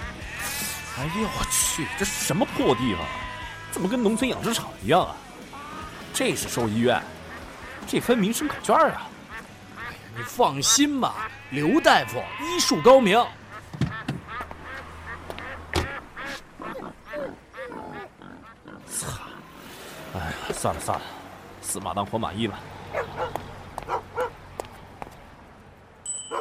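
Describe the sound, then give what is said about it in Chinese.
A busy barnyard chorus at a veterinary hospital that resembles a farm: ducks quack in repeated nasal bursts while sheep let out wavering, high bleats, with a dog also among the animals; the calls overlap and are fairly loud throughout, with quieter gaps between clusters. “哎呀，我去，这什么破地方，怎么跟农村养殖场一样啊？”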